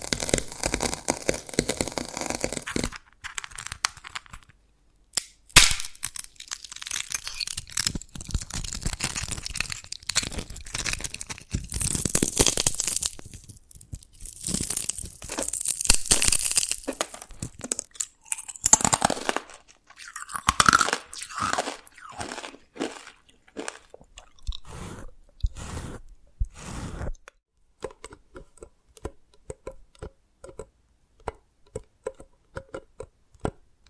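Dalgona candy is tapped and cracked in irregular bursts of sharp crackling and scraping, with brighter crunchy stretches mid-clip and sparse ticks near the end.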